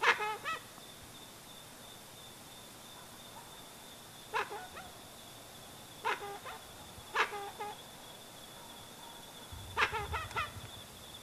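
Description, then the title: Dusky-legged guan giving scattered loud honking calls in short bursts, spaced a few seconds apart, with a steady high insect whine behind. Singing; used as a sound to call the bird in. "Pavanegra. Pava de Monte o Pava Oscura Cantando Sonido para Llamar"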